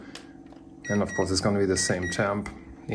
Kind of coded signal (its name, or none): none